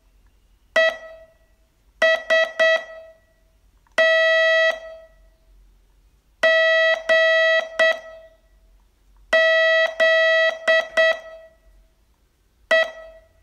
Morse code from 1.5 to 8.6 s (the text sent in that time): S T G